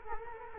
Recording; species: mosquito wingbeat signal from an infrared sensor; Culex quinquefasciatus